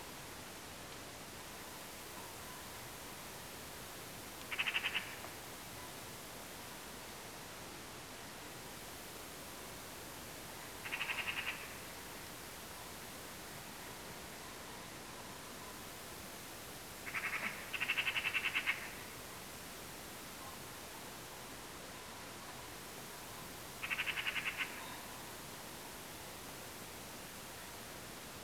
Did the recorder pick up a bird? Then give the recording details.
yes. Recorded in France